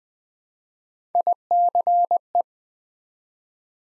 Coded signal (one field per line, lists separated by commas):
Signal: Morse code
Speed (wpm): 20 wpm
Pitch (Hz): 700 Hz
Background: none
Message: ICE